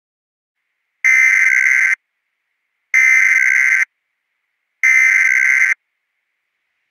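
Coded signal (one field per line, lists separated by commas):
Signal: Emergency Alert System (SAME) tones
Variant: header bursts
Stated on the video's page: Mock emergency alert scenario based on a Roblox game.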